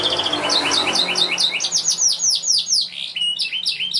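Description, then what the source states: Canary song: rapid high trills of repeated notes, shifting through several phrase types in quick succession, with a faint low hum beneath. Young canary song, used as a lure and master recording for training other birds.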